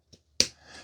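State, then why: Seated. A plastic brush part is turned until it lines up and pressed home into the brush housing of a Dreame D20 robot vacuum during reassembly. A faint tick comes at 0.1 s, then a sharp, loud click at 0.4 s with a short fading tail. The brush part snaps into place and is seated.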